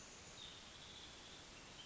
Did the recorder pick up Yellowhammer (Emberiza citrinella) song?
no